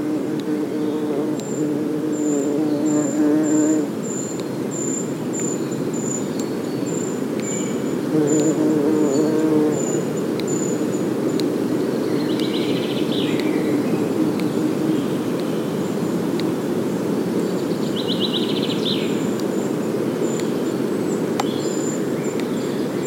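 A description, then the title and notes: An ancient woodland soundscape with a steady, thick bed of low rustling and hiss throughout. A high, even insect trill runs across most of the clip, while short bird-like chirps flicker in around 12 and 18 seconds, and faint low tones surface early and near nine seconds. A soundscape of ancient woodlands, recorded throughout the year.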